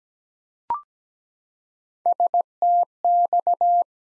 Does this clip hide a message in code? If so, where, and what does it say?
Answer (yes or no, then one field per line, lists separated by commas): yes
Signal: Morse code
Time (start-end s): 2.1-3.8 s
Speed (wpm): 17 wpm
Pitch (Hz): 700 Hz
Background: none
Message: STX